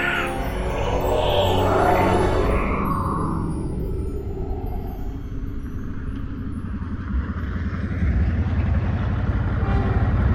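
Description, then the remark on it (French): A car carrying three men drives steadily along a road, having driven since dawn, its engine and tyres making a continuous low rumble with a broad hiss above. The level stays even throughout, with no voices. “Les trois hommes roulent depuis l'aube.”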